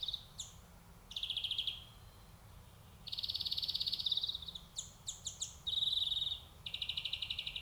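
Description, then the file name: European greenfinch song mixing buzzy trills, sharp chirps and a long harsh buzz, delivered in quick changing phrases. "Chloris chloris"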